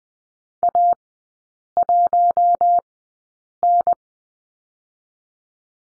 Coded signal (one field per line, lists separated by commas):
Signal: Morse code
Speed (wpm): 19 wpm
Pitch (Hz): 700 Hz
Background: none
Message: A1N